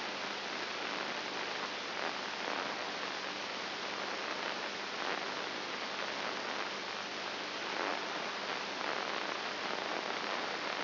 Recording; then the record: brain microelectrode recording played as sound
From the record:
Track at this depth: inside the subthalamic nucleus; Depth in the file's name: 4.9 mm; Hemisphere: right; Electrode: 2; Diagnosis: Parkinson's disease